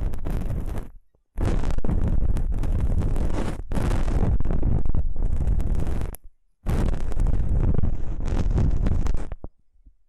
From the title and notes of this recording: ASMR Aloe Gel Ear Massage for Pure Relaxation (No Talking).